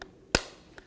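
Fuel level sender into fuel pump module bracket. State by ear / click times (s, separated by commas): seated / 0.4 s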